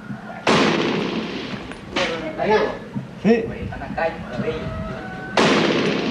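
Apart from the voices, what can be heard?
gunfire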